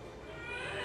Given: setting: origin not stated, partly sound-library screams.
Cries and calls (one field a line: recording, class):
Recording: one-second piece from a danger detection set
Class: woman in danger